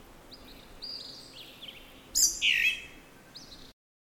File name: Western red legged thrush